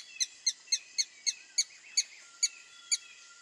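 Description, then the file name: Red-stained woodpecker giving a series of nine sharp, high, squeaky notes, the spacing widening toward the end; faint high background tones. "Canto do pica pau avermelhado"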